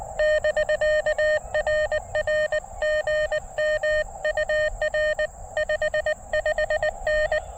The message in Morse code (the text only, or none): <BK> RR GM UR 55N